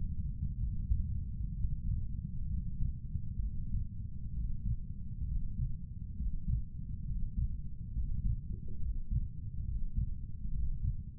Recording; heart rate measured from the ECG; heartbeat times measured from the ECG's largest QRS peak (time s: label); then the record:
heart sounds by stethoscope; 66 bpm
0.57 s: heartbeat
1.53 s: heartbeat
2.48 s: heartbeat
3.40 s: heartbeat
4.33 s: heartbeat
5.26 s: heartbeat
6.16 s: heartbeat
7.05 s: heartbeat
7.93 s: heartbeat
8.80 s: heartbeat
9.65 s: heartbeat
10.52 s: heartbeat
From the record:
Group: healthy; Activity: Valsalva maneuver 0-9 s, rest 9-11 s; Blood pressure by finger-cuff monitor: 127/93 mmHg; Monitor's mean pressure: 100 mmHg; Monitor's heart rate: 66 bpm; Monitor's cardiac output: 6.1 L/min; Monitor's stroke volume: 93 mL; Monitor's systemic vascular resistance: 1190 dyn s/cm5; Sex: male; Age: 30 years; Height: 188 cm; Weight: 110.2 kg